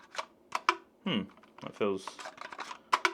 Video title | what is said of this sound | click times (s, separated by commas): DJI Lito X1 Fly More Combo – Everything You Get 📦 | little less satisfying. But anyway, still clicks into place, does its | 2.9 s, 3.1 s